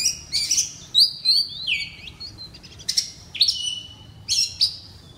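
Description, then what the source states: Oriental magpie-robin giving a varied run of sweet whistles, quick slurred notes and sharp clicks in lively bursts. Loud song in the style called 'ngeplong' in Indonesian.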